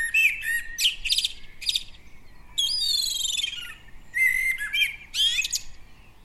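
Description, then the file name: Common blackbird with rich, fluting phrases that end in shrill, scratchy twittering. Several phrase bursts, one longer sweeping phrase in the middle. "Turdus merula"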